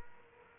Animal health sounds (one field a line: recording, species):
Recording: mosquito wingbeat signal from an infrared sensor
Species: Culex quinquefasciatus